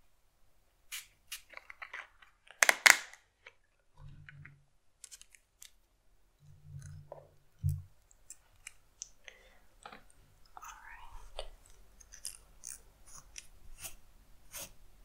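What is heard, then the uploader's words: An ASMR haircut roleplay with crisp, irregular scissor snips and small clicks, led by a loud crunchy burst near three seconds. Short low buzzing bursts come around four, seven and eight seconds, and the snipping grows busier over the last five seconds. ASMR Haircut Roleplay.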